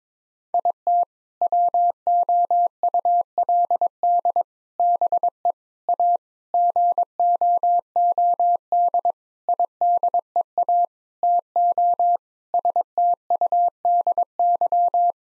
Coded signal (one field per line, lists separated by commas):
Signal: Morse code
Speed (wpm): 22 wpm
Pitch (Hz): 700 Hz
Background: none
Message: IT WOULD BE A GOOD IDEA TO STUDY